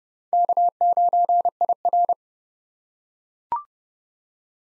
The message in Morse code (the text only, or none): K9IR